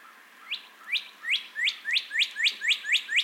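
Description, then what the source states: Northern cardinal song: a series of about ten loud, rapid slurred notes, about four per second, building in volume. Entire singing bout.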